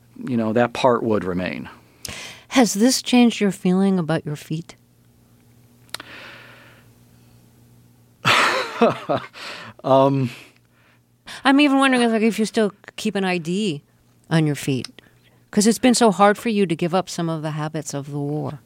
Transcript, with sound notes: you know, that part would remain.
Has this changed your feeling about your feet? (LAUGHTER) I'm even wondering, like, if you still keep an ID on your feet because it's been so hard for you to give up some of the habits of the war.